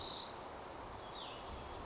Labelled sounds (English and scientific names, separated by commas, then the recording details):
Cassin's Vireo (Vireo cassinii)
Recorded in Sonoma County, California